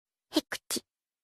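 Three short, sharp bursts of breathy, hissing noise follow one another within about half a second, in a quiet setting. It is a ram's sneeze, a quick forceful snort-like expulsion of air through the nose.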